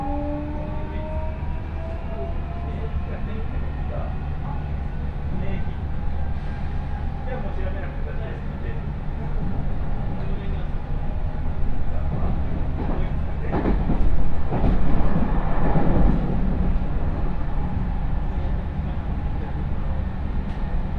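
A train ride on the Chuo West Line, Ena to Kozoji: a steady, heavy low rumble runs throughout, with a thin motor whine sliding in pitch over the first seconds. Around 13 to 16 seconds the noise swells with rattling clatter, and faint voices sit underneath.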